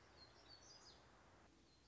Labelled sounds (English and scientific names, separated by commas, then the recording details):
Black-throated Gray Warbler (Setophaga nigrescens)
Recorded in Sonoma County, California